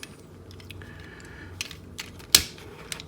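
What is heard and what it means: The chest panel of a plastic robot toy is pushed down into the robot's torso during transformation, with small plastic clicks and handling sounds around 1.6, 2.0 and 2.9 seconds. A sharp, loud snap at 2.4 seconds marks the chest assembly seating in place.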